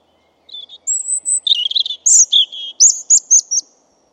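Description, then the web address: European robin song: a soft high note, a sweet thin whistle, tumbling warbled notes, then a quick string of short, sharp high notes. "Deverinetal 2025"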